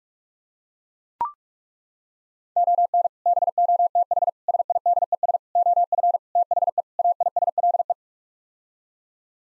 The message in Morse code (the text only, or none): ON BOTH SIDES OF THE AISLE